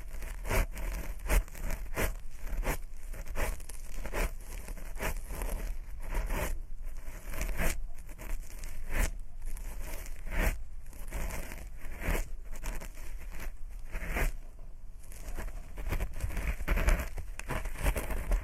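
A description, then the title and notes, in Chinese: Ear cleaning with no voice: a dense stream of crackling, scratchy rustles and scrapes fills the whole 18 seconds. Short bright crackles come in quick, irregular bursts, with brief quieter gaps around 7 and 15 seconds, over a faint low rumble. 掏耳无人声助眠。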